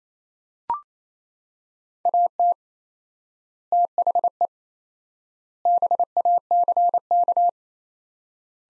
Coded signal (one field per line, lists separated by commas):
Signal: Morse code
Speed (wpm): 27 wpm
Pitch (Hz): 700 Hz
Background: none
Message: AT THE BACK